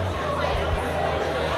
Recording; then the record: background sound without coughing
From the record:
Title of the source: CITY SOUNDS Busy Bar in the Evening Night - 2 HOURS of Ambiance for Relaxation